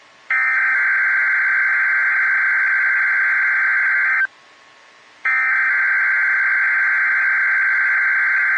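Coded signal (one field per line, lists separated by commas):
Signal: Emergency Alert System (SAME) tones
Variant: header bursts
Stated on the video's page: NOAA Weather Radio required weekly test.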